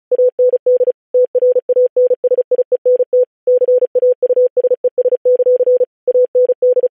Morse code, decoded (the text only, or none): AND TRANSIENT CAUSES; AND